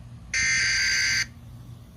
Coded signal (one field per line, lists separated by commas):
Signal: Emergency Alert System (SAME) tones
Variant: header bursts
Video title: Emergency Alert System T3st - Torando Warning April 28, 2017 Part 1